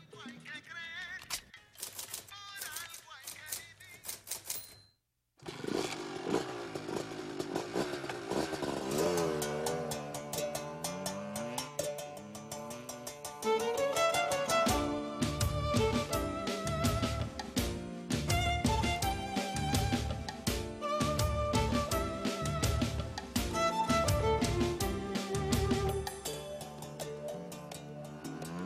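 A salsa song plays loudly: a short opening phrase, a brief silent break, then layered melodic instruments build until driving, rhythmic percussion kicks in and the full band carries on steadily.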